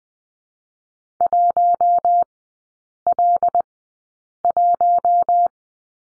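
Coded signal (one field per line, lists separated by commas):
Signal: Morse code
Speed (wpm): 20 wpm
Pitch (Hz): 700 Hz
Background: none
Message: 1 L 1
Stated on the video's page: Morse course lesson at Farnsworth speed 20/10wpm, three-character drill.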